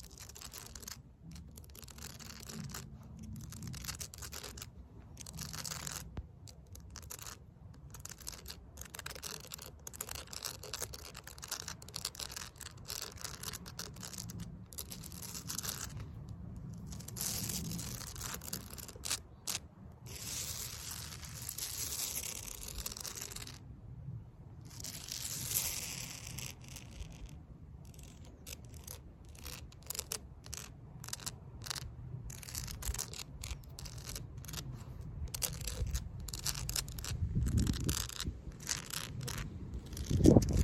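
Fake nails scratch across concrete in a steady, dense run of rough grinding strokes, gritty and scraping with many short rhythmic pulls. The texture stays fairly even throughout, with a low rumble underneath, growing slightly louder near the end and finishing in a sharp scrape.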